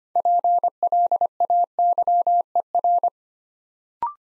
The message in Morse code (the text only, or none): PLAYER